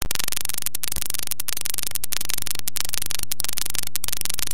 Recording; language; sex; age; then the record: short text; Brazilian Portuguese; male; 30 to 39 years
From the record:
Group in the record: control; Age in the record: 31 years